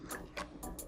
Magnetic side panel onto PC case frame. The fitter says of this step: i'm going to let that kind of snap back into place